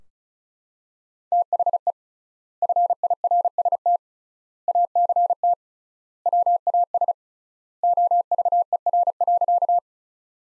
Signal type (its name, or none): Morse code